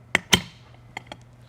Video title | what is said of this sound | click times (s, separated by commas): 64800 Eaton Carter Ground Fueling Hydrant Coupler Operation and Repair | and again with even Force push down on the poppet until it pops into place | 0.2 s